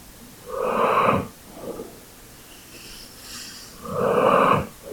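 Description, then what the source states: Dog snorting: two wheezy, breathy bursts roughly three seconds apart, each lasting under a second, with quiet breathing between them. ASMR sounds of a dog.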